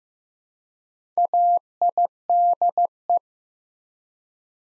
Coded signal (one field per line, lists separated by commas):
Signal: Morse code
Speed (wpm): 15 wpm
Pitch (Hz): 700 Hz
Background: none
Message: AIDE